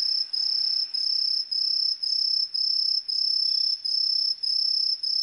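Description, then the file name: Aomatsumushi tree cricket song: shrill, bright tonal chirps in a continuous rhythmic train, each separated by a short gap. Recorded on 20 September 1998. "980920 aomatumusi"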